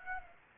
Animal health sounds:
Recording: mosquito wingbeat signal from an infrared sensor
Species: Aedes aegypti

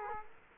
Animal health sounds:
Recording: mosquito wingbeat signal from an infrared sensor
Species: Culex quinquefasciatus

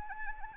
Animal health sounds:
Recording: mosquito wingbeat signal from an infrared sensor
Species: Anopheles arabiensis

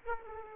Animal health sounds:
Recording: mosquito wingbeat signal from an infrared sensor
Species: Aedes aegypti

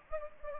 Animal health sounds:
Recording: mosquito wingbeat signal from an infrared sensor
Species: Anopheles gambiae

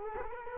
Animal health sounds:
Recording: mosquito wingbeat signal from an infrared sensor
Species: Culex quinquefasciatus

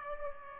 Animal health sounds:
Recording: mosquito wingbeat signal from an infrared sensor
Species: Aedes aegypti

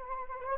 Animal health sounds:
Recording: mosquito wingbeat signal from an infrared sensor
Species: Anopheles arabiensis

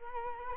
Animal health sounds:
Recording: mosquito wingbeat signal from an infrared sensor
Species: Culex quinquefasciatus

